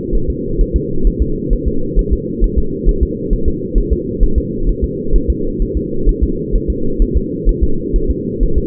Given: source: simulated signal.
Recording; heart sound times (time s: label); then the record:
fetal heart sounds
0.15 s: S1
0.30 s: S2
0.61 s: S1
0.76 s: S2
1.07 s: S1
1.22 s: S2
1.53 s: S1
1.68 s: S2
1.99 s: S1
2.13 s: S2
2.44 s: S1
2.58 s: S2
2.89 s: S1
3.03 s: S2
3.33 s: S1
3.48 s: S2
3.78 s: S1
3.93 s: S2
4.23 s: S1
4.38 s: S2
4.69 s: S1
4.84 s: S2
5.16 s: S1
5.30 s: S2
5.62 s: S1
5.77 s: S2
6.09 s: S1
6.23 s: S2
6.55 s: S1
6.70 s: S2
7.02 s: S1
7.17 s: S2
7.49 s: S1
7.64 s: S2
7.96 s: S1
8.11 s: S2
8.43 s: S1
8.58 s: S2
From the record:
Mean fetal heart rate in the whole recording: 130 bpm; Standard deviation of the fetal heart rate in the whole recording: 2 bpm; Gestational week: 38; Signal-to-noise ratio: -8.1 dB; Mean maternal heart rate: 72 bpm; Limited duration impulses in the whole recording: absent